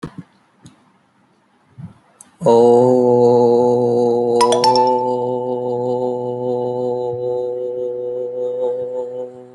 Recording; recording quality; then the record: sustained vowel as in boot; moderate, slight background noise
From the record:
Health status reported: healthy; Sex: male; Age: 25 years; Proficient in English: yes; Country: India